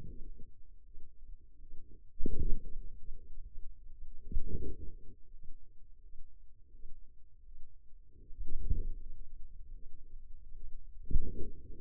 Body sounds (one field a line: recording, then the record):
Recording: forearm muscle sounds (acoustic myography)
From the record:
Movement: wrist flexion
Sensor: system 2, bracelet of six BSWA MPA416 microphones around the upper forearm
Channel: 2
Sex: female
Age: 23 years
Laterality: right